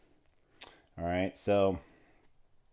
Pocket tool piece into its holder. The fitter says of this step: so these snap into place